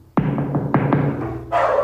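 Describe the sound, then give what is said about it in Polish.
A dog barks several times in a quick, steady series of short sharp yelps, heard from a couple of blocks away, with a low continuous hum underneath and no talking. “O, tutaj pies się odzywa, to jest pies dwa bloki dalej.”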